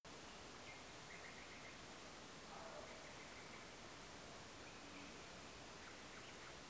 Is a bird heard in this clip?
yes